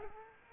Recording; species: mosquito wingbeat signal from an infrared sensor; Aedes aegypti